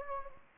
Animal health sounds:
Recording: mosquito wingbeat signal from an infrared sensor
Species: Anopheles gambiae

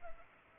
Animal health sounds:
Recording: mosquito wingbeat signal from an infrared sensor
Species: Culex pipiens

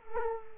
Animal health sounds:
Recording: mosquito wingbeat signal from an infrared sensor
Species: Culex quinquefasciatus

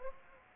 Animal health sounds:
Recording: mosquito wingbeat signal from an infrared sensor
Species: Anopheles gambiae

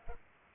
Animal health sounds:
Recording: mosquito wingbeat signal from an infrared sensor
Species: Culex pipiens

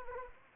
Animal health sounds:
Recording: mosquito wingbeat signal from an infrared sensor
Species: Anopheles arabiensis

